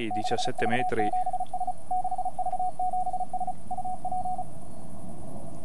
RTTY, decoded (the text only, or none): none